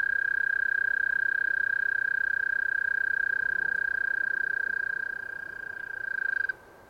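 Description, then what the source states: Eastern American toad giving a long even musical trill that holds steady for over six seconds, then stops abruptly; faint low background noise. Single toad, long trilling call, 9:20pm, 30 April 2015, west Dyke Marsh behind River Towers, left of beaver lodge; 70 degrees, light breeze; Fostex FR-2, Sennheiser ME 62, Telinga parabola; high-pass filtered to cut traffic.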